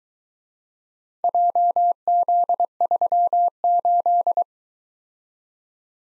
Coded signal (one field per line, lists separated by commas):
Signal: Morse code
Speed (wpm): 22 wpm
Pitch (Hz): 700 Hz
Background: none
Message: JZ38